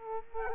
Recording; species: mosquito wingbeat signal from an infrared sensor; Culex quinquefasciatus